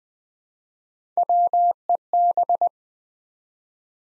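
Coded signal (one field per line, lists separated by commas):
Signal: Morse code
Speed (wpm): 20 wpm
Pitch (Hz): 700 Hz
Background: none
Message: WEB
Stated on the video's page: Morse practice at 20 WPM for beginners, sending 3-letter words one letter at a time to build instant character recognition.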